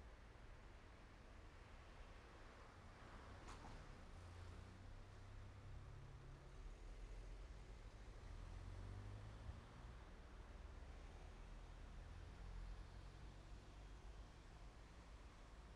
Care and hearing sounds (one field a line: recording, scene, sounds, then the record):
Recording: everyday scene through a hearing-aid microphone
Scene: in traffic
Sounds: traffic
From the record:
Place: main road on the outskirts, rush hour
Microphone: behind the ear, right, rear